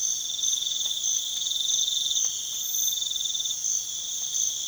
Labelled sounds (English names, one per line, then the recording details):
none
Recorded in pastures near Puerto Asís, Putumayo, Colombia, on 12 March 2025 at 05:00
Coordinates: 0.487, -76.322
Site G077